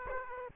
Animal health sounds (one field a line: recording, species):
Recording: mosquito wingbeat signal from an infrared sensor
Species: Aedes aegypti